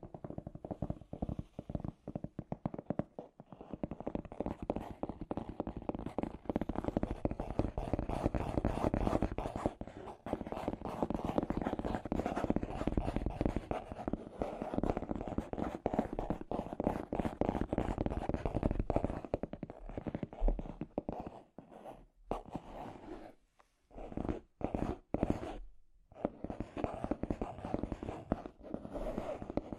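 Scratchy tapping runs almost nonstop, a dense, rapid patter of sharp clicks over a rough, rustling scrape. The texture stays busy and fairly even, with brief gaps and near-silent breaks around 22 to 26 seconds before the tapping picks up again.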